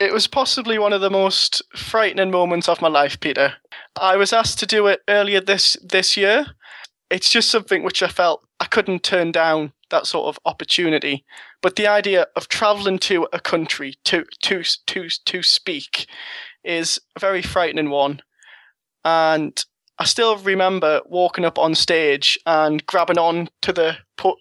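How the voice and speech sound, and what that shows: Conversational speech from a 22-year-old person who stutters, with part-word repetitions ("to-to-to-to speak") and a blocked "p-p-podium", typical of stuttering.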